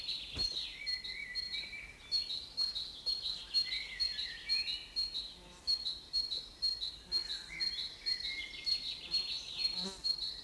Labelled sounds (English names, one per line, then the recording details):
Great Tit
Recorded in the wild
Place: Bogensee, Barnim, Brandenburg, DE
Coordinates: 52.7714, 13.5294
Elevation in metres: 60
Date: 2004-05-30 14:50
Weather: sunny, 21-24°C
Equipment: Sony WM-D6C, Sennheiser ME 80, Kopie Uher 4000 Report Monitor
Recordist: Tembrock, Günter
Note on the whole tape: Rufreihen. Waldschule Bogensee